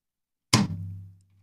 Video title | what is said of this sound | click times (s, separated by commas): Installing a Decklink Duo 2 Into a Sonnet Thunderbolt 3 Chassis | Once they're lined up, it's just a simple question of pressing firmly and evenly until it kind of snaps in place. | 0.5 s